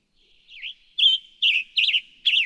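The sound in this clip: Western tanager giving quick hoarse phrases, each a wavering burry slur, four or five in a tight row.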